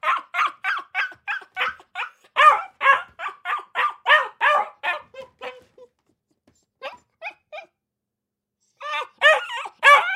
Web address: dog akita puppy bark in cage kennel